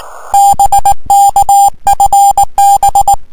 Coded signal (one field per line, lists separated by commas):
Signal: Morse code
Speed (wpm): 19 wpm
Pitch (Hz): 800 Hz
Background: music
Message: BKFB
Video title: 1426Z K3RA 18.093 CW 599 12-03-2011.